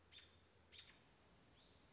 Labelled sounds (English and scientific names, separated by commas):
American Robin (Turdus migratorius)